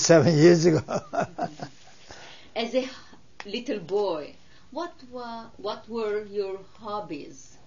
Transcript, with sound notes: Eighty-seven years ago. (he laughs)
As a little boy, what wa, what were your hobbies?